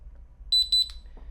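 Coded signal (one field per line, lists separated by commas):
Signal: beep code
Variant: ColorAlti 3 altimeter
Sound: five quick high-pitched electronic beeps in a row, then a soft click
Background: low hum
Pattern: 5 short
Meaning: The altimeter's preset has been changed to two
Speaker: If I hold it down again, I can change it to two.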